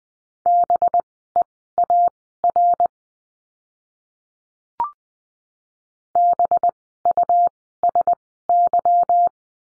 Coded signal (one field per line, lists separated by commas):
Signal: Morse code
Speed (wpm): 20 wpm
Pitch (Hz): 700 Hz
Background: none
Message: BEAR BUSY